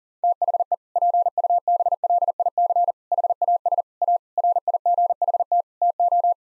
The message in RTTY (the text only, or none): none